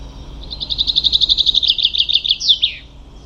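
Common chaffinch song: a fast run of repeated bright notes, slightly descending, ending in a short falling flourish, all in under three seconds.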